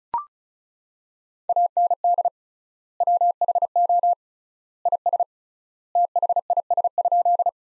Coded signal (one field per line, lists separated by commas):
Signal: Morse code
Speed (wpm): 34 wpm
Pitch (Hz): 700 Hz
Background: none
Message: AND WHO IS THIS?